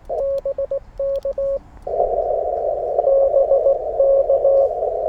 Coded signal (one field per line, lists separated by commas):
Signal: Morse code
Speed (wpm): 18 wpm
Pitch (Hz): 550 Hz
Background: radio noise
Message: BK BK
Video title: Sharing CW POTA with a friend! #parksontheair #hamradio